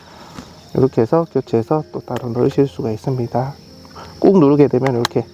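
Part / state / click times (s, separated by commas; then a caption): battery pack coming out of a drone / released / 0.4 s. A drone's plastic battery pack is released from the drone body by squeezing the release buttons on both sides, with a short sharp snap at 0.4 s. Someone then talks over a steady high-pitched background whine, and the battery comes out of the drone.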